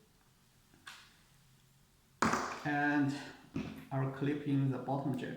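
A large, heavier squid jig is clipped into the metal snap on a figure-8 swivel rig, so the jigs can be swapped easily. A soft handling knock comes at 0.9 s, then a loud, short metallic tick at 2.2 s as the jig seats in the snap. Someone talks afterward.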